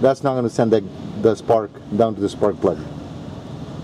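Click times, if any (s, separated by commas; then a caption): none. A spark plug wire boot is being handled over a spark plug before being pushed onto the terminal, while a man talks over a steady low background hum. The boot has not seated or clicked onto the plug yet.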